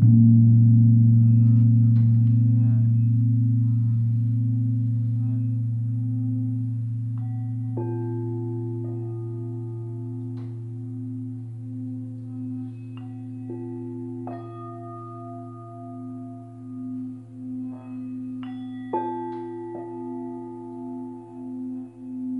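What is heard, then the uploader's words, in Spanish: Tibetan singing bowls hum with a deep, steady drone that slowly fades, while brighter bowl tones are struck near 8, 14 and 19 seconds. Cuencos tibetanos para dormir.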